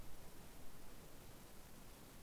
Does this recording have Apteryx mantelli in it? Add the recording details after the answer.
no. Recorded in New Zealand on 7 November 2014. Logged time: 22:14. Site CJ68